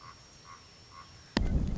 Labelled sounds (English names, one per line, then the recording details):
Common Raven
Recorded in Sonoma County, California